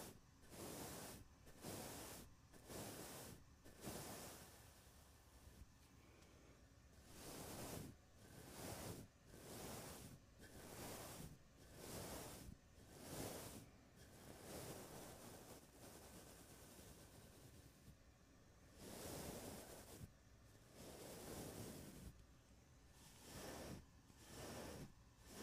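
Fingers rub and brush across a microphone's fuzzy and foam covers and the bare mic, making soft, hissy swooshes. The strokes come in quick bursts about once or twice a second, with a few brief pauses, and a steady low rumble sits underneath.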